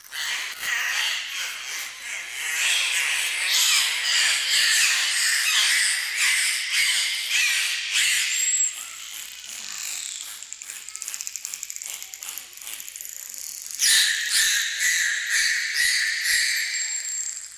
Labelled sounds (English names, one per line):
Bottlenose Dolphin call